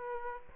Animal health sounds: mosquito wingbeat signal from an infrared sensor; Aedes aegypti

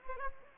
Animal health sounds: mosquito wingbeat signal from an infrared sensor; Anopheles gambiae

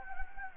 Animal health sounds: mosquito wingbeat signal from an infrared sensor; Anopheles gambiae

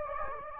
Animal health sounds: mosquito wingbeat signal from an infrared sensor; Anopheles gambiae

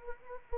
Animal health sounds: mosquito wingbeat signal from an infrared sensor; Anopheles arabiensis

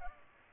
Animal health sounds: mosquito wingbeat signal from an infrared sensor; Culex pipiens

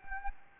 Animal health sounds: mosquito wingbeat signal from an infrared sensor; Anopheles gambiae

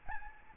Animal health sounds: mosquito wingbeat signal from an infrared sensor; Aedes albopictus

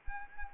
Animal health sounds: mosquito wingbeat signal from an infrared sensor; Anopheles arabiensis

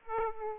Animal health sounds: mosquito wingbeat signal from an infrared sensor; Aedes aegypti

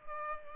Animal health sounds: mosquito wingbeat signal from an infrared sensor; Culex pipiens

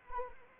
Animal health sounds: mosquito wingbeat signal from an infrared sensor; Anopheles arabiensis

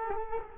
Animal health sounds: mosquito wingbeat signal from an infrared sensor; Culex quinquefasciatus

